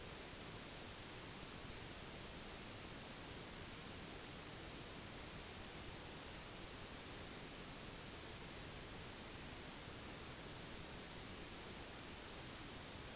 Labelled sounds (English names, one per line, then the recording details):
none
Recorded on Arctic tundra, site NAIT-1, on 1 July 2019
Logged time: 08:00